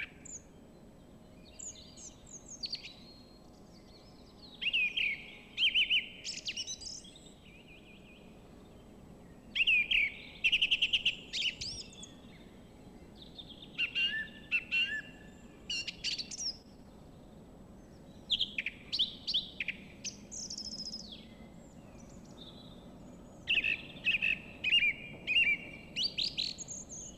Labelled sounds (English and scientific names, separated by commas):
Song Thrush (Turdus philomelos) song